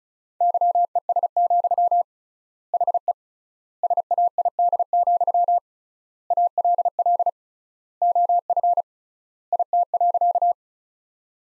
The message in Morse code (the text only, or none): YES, HE SAID, ALL OF IT.